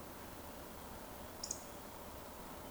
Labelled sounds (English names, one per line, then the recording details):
Eurasian Woodcock
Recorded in Baden-Württemberg, Germany, on 16 June 2020 at 20:24 UTC
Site 14569, 102 m above sea level